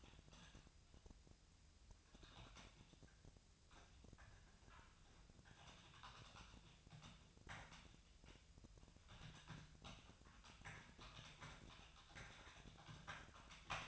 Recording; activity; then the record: daily activity, microphone in the room; typing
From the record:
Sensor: 2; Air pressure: 999.1 hPa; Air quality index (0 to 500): 207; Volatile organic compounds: 35 ppm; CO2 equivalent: 3066 ppm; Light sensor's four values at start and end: 7/16/6/7 and 7/17/6/7